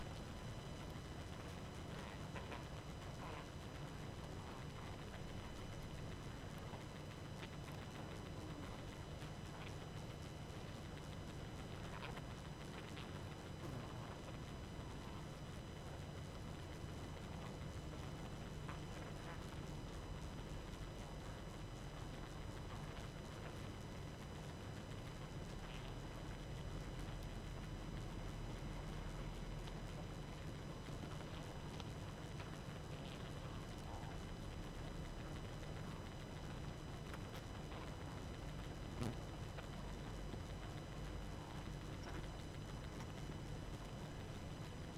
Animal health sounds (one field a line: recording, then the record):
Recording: honeybee colony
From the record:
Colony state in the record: active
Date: 12 June 2018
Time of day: 22:30